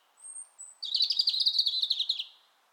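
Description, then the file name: European robin song phrase: two thin high whistled notes, then a rapid silvery twittering trill lasting about a second and a half before fading. "Erithacus rubecula"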